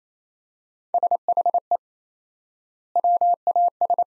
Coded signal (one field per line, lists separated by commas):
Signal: Morse code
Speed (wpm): 27 wpm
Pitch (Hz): 700 Hz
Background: none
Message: SHE WAS